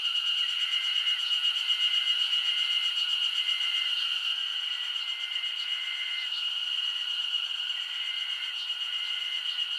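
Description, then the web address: Insects keep up a steady shrill drone, joined by short lower tones recurring at intervals and faint higher clicks. Summer insect ambience recorded in Japan. "Sound Effects-Foundation 1 AMBIENCE JAPANESE SUMMER INSECTS 01"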